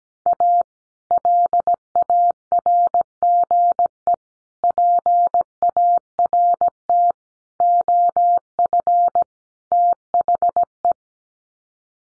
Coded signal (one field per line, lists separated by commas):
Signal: Morse code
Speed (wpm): 17 wpm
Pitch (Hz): 700 Hz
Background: none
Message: A LARGE PART OF THE